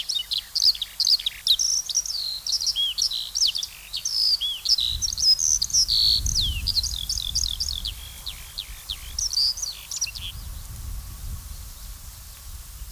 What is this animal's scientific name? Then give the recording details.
Alauda arvensis. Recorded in the wild. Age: adult. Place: Summt, am Buchenberg, Brandenburg, DE. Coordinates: 52.695, 13.3594. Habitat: wetland. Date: 1999-06-20 15:10. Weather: fair, 22 - 24°C, wind. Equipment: Sony WM-D6C, Sennheiser MKH 416 T, Kopie Uher 4000 Report Monitor. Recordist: Tembrock, Günter. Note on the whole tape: Anderes Exemplar (am Boden): Gesang, sehr gut! Anfangs noch etwas Wind, dann sehr gut